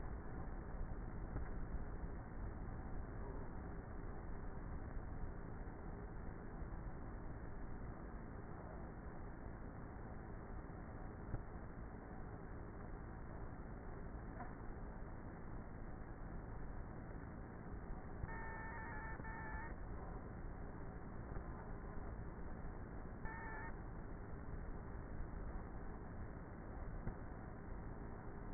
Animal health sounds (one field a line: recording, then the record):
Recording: honeybee colony, microphone inside the hive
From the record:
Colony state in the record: queenless with a low population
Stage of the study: before two queens were removed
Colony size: about 30,000 bees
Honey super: no